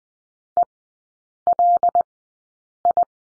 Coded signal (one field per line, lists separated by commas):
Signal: Morse code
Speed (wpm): 20 wpm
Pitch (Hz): 700 Hz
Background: none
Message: ELI